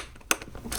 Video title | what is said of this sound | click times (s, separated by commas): HOW TO CONNECT SONY HX750 TV REVIEW PT2 | You just plug it in like that. You hear it click. | 0.3 s